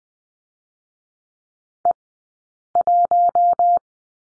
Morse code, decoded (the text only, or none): E1